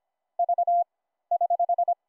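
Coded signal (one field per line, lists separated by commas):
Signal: Morse code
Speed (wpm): 26 wpm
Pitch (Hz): 700 Hz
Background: none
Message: V <HH>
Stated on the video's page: Live demo of Morse over the internet via Mumble VOIP, keyed with iambic paddles through an Ultra PicoKeyer, sidetone passed through a HiPerMite CW bandpass filter on a Raspberry Pi.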